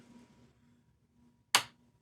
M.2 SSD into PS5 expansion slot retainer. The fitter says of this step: there we go we got a little snap and if it's installed correctly you should see it trying to pop back up